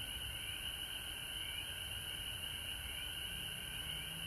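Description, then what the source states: Frogs calling as a steady high chorus. Recorded at home in Georgia on March 19, 2020.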